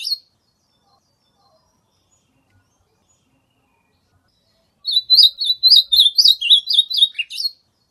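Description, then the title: Ultramarine grosbeak song: a brief note at the start, then after a pause a rapid warbled phrase of about a dozen high notes ending in a lower drop. Wild, natural song from the bush. "AZULÃ O O VERDADEIRO CANTO DO MATO"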